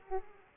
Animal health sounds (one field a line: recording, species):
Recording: mosquito wingbeat signal from an infrared sensor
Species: Aedes aegypti